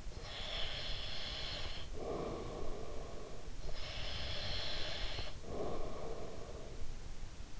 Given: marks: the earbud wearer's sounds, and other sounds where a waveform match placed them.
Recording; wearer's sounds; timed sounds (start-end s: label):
sounds in sleep by an in-ear microphone; breath
0.00-7.15 s: breath